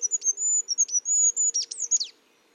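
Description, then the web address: Bird song: a fast string of very high, piercing notes and short trills, finishing with several quick downward-swept notes. "cianscape. Deverinetal 2025. Bird Only"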